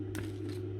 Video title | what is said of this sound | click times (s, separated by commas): Atari Asteroid arcade cabinet restoration part 3 - Power Brick & AR Board | you're gonna hear a click | 0.2 s